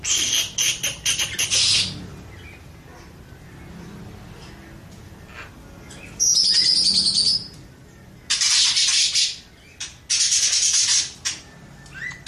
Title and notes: Kacer Juara Gacor. Kumpulan Suara Burung Masteran Pilihan